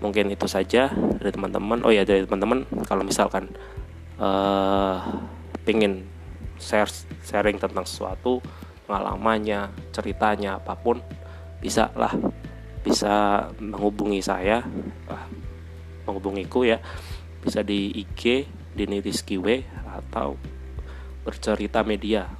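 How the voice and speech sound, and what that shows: An adult man with a stutter (gagap) speaks Indonesian in a calm, low voice. Words starting with P are especially hard for him: before one he stalls on a drawn-out "uh" and pauses, then repeats a part-word ("ser- sering"). Long silent gaps break the phrases.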